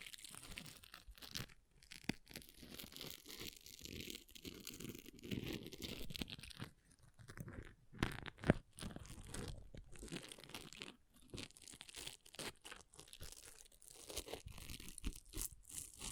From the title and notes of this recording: ASMR Brain Melting Object Scratching (No Talking).